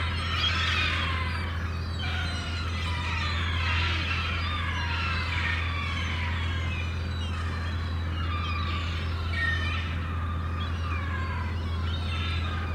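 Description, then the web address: Gulls crying noisily, a dense mix of harsh, drawn-out squawks and mewing notes, with a steady low-pitched drone underneath throughout. Gulls calling wildly at a harbour. "The Sound Pack Tree - Sonic Seaside - Crazy Harbor Seagulls"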